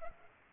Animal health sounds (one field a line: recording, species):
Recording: mosquito wingbeat signal from an infrared sensor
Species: Culex pipiens